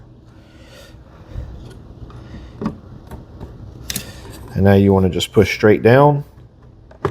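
A graphics card is handled over the PCIe slot of a motherboard on a test bench, ready to be pushed straight down until the slot lock clicks up. Light handling taps and knocks are heard, and someone talks. Nothing has seated or clicked yet.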